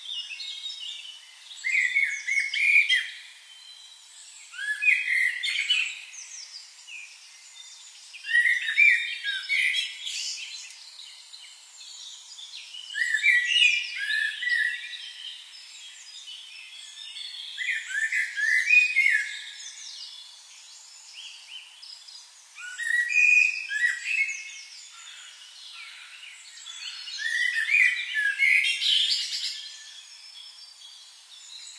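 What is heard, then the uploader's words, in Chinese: Birds sing in a woodland, with bright, busy phrases of chirps and warbles arriving in bursts roughly every three to five seconds. Between the louder songs, fainter calls continue. Nothing low or rumbling sits underneath. 林间鸟鸣｜白噪音。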